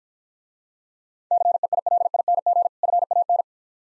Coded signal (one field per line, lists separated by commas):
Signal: Morse code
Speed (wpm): 50 wpm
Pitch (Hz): 700 Hz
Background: none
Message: CEILING FAN